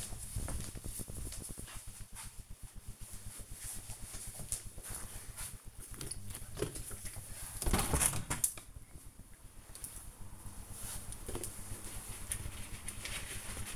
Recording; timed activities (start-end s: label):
household activities, microphone on the right wrist
5.32-13.76 s: window cleaning